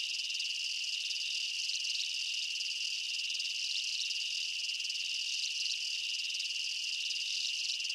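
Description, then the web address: Insects chirping in a dense, continuous high-pitched chorus, a steady shimmering drone with no other clear sounds. Insect chirps recorded as a night jungle ambience. "Blastwave INSECTS Amb Night Jungle"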